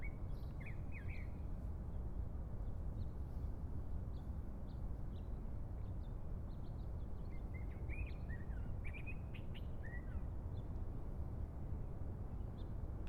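Bird chirps in short bursts, a few quick notes early, then a cluster of rising notes in the second half, over constant low-frequency rumble.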